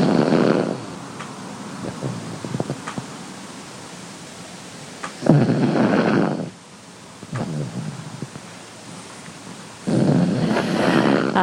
It is the sound of Josh and Betsy's 5-year-old pug. His name is Ernie B. He grumbles and snores after a long day.